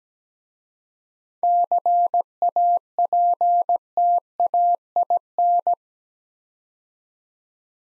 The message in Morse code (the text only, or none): CAPTAIN